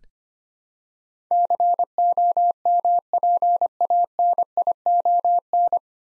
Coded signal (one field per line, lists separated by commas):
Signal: Morse code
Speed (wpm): 25 wpm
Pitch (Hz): 700 Hz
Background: none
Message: COMPANION